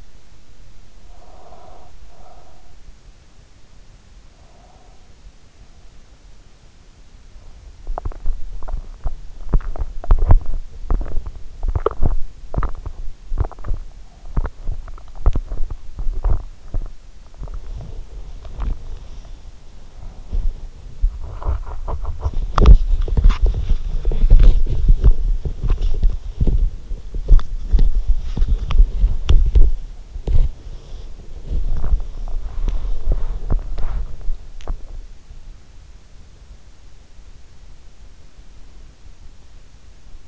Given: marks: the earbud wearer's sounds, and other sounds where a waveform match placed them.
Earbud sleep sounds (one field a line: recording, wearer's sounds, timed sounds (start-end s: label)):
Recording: sounds in sleep by an in-ear microphone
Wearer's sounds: breath, teeth grinding, body movement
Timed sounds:
1.08-2.79 s: breath
4.35-5.16 s: breath
7.83-17.43 s: teeth grinding
17.43-22.12 s: body movement
22.55-34.79 s: body movement